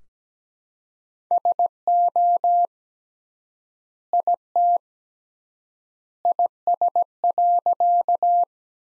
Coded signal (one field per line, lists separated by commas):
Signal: Morse code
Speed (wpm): 17 wpm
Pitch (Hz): 700 Hz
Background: none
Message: SO IT IS.